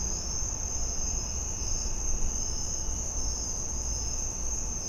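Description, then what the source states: Chorus of crickets giving an unbroken high-pitched trill throughout, several insects blending together, with a constant low hum beneath. Several crickets in a suburban back yard.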